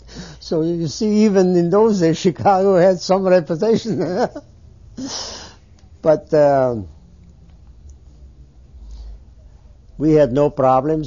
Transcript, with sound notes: So, you see, even in those days Chicago had some reputation, huh. (They laugh.) But, uh, we had no problems.